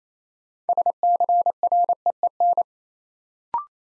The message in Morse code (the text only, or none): SCREEN